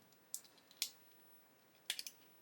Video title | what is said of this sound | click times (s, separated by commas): Building a 1:6 Mustang GT500 from DeAgostini. Part 48. Pack 84. | There we go. It just clicks into place when it's there. | 0.3 s, 0.8 s, 1.9 s